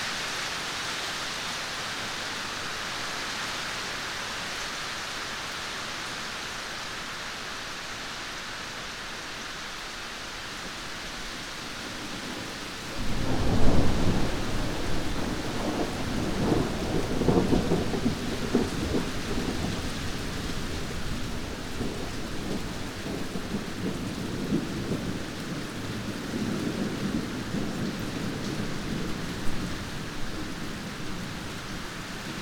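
Steady dense rain hisses throughout, then low rolling thunder swells in around thirteen seconds and rumbles on through the rest.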